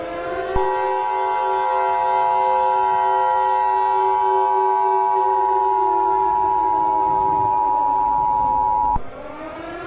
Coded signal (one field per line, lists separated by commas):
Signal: Emergency Alert System (SAME) tones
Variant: 853 and 960 Hz attention tone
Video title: EAS Scenario: Rosie Hedgezilla Part 1 (REVAMPED)